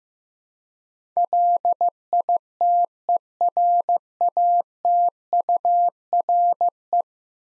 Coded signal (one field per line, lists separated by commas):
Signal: Morse code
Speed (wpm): 15 wpm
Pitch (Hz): 700 Hz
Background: none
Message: LITERATURE